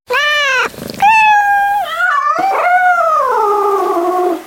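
Cat yowling in long, drawn-out, tonal wails that waver in pitch, with one short cry followed by two extended calls, the last slowly sliding downward.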